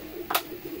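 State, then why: Not seated. A 3D-printed plastic chin piece is handled as it is fitted through pre-made holes in a clear plastic face shield, with a brief bright rustle or scrape around 0.3–0.4 s over a steady low hum. The clip ends just before the part goes home, so nothing has seated or clicked yet.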